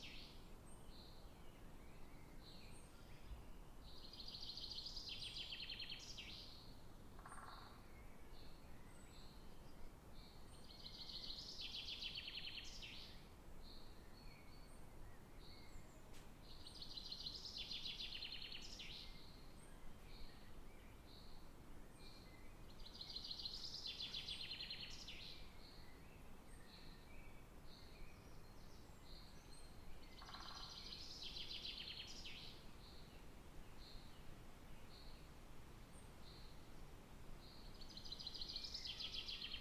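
Birds sing in a natural forest around Bothwell Castle in Scotland, with bright bursts of song repeating every five to six seconds. Fainter chirps and tweets fill the gaps, over a steady low rumble of background noise throughout.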